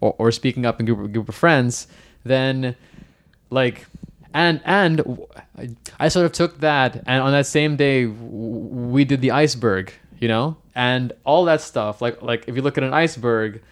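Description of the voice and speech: Adult man who stutters, speaking with word and sound repetitions, prolonged sounds, silent pauses and blocks, typical of stuttering.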